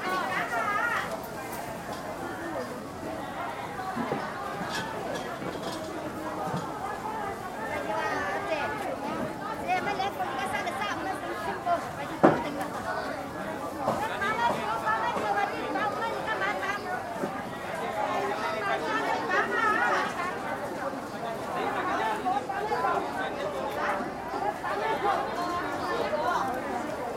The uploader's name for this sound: Hong Kong-and its three wet markets